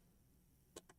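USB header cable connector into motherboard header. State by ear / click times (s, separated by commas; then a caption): not seated / none. An internal USB 3.2 header cable connector is being handled at a motherboard header, after some doubt about which way it goes. Low steady background noise is broken by two short, sharp ticks near 0.8 and 0.9 seconds. The connector has not seated or clicked in yet.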